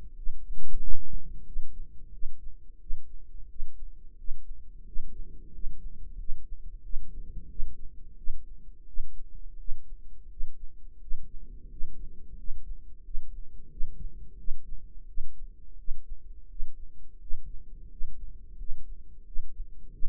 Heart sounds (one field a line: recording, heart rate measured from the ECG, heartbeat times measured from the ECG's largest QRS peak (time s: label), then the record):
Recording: heart sounds by microphone in the right ear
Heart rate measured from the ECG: 88 bpm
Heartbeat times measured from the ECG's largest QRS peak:
0.14 s: heartbeat
0.78 s: heartbeat
1.44 s: heartbeat
2.10 s: heartbeat
2.77 s: heartbeat
3.46 s: heartbeat
4.15 s: heartbeat
4.83 s: heartbeat
5.50 s: heartbeat
6.16 s: heartbeat
6.81 s: heartbeat
7.47 s: heartbeat
8.14 s: heartbeat
8.84 s: heartbeat
9.56 s: heartbeat
10.27 s: heartbeat
10.97 s: heartbeat
11.67 s: heartbeat
12.34 s: heartbeat
13.01 s: heartbeat
13.68 s: heartbeat
14.35 s: heartbeat
15.05 s: heartbeat
15.75 s: heartbeat
16.46 s: heartbeat
17.17 s: heartbeat
17.87 s: heartbeat
18.55 s: heartbeat
19.23 s: heartbeat
19.90 s: heartbeat
From the record:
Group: healthy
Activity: rest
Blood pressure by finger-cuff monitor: 111/77 mmHg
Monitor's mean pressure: 87 mmHg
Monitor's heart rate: 89 bpm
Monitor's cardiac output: 7.3 L/min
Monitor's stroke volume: 82 mL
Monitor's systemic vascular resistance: 890 dyn s/cm5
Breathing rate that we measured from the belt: 10 breaths a minute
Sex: male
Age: 33 years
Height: 179 cm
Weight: 80.4 kg